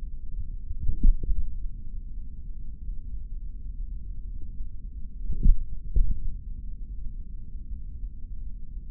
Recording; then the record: forearm muscle sounds (acoustic myography)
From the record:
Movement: tripod grip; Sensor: system 3, bracelet of six PUI Audio POM-2738L microphones around the upper forearm, with dedicated amplification and filtering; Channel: 2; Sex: male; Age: 26 years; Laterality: right